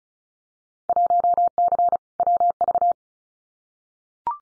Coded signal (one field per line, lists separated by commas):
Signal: Morse code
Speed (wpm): 36 wpm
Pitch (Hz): 700 Hz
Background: none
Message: 1C WV